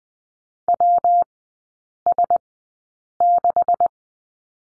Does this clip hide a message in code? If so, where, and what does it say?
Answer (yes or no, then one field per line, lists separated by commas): yes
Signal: Morse code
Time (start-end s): 0.7-3.9 s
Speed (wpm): 20 wpm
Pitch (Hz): 700 Hz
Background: none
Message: WS6